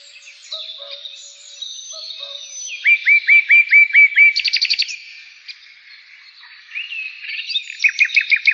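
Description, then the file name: Pied bushchat song: high varied twittering, then a quick series of about eight downslurred notes, a short buzzy trill, and another fast run of repeated notes near the end. Therapy sound for birds. "suara terapi burung decu"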